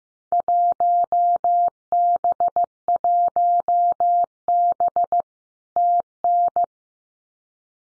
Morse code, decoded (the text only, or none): 1B1B TN